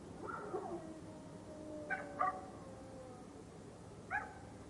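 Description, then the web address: Dogs giving drawn-out tonal whines, then short sharp yelps around two seconds and again near four seconds, over a steady background hiss. Dogs fighting. "DOGZ breed dogs-fighting"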